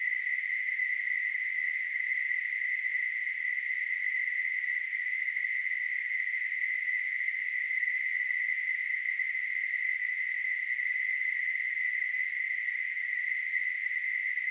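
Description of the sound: A steady, unbroken high-pitched hiss centred on a sharp tone near 2 kHz runs for the full 15 seconds at an even level. It is a simulated tinnitus sound, imitating the constant ringing or hissing heard in the ear with tinnitus.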